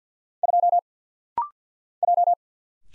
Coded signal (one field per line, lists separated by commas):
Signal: Morse code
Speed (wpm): 48 wpm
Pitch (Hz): 700 Hz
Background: none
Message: 2 J